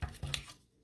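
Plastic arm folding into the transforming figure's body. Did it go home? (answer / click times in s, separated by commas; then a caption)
yes / 0.3 s. A plastic arm is folded back into a transforming figure's body and snaps into place. A dull knock at 0.0 s and a second bump near 0.2 s lead to a sharp, bright click at 0.3 s, then the sound fades into quiet. The arm is seated.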